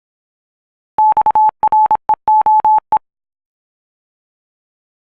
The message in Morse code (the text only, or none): XREOE